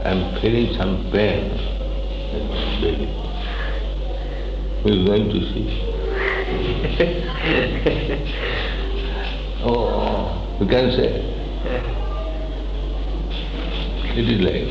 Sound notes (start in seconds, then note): 6.2 laughter; 9.7 makes groaning noise of pain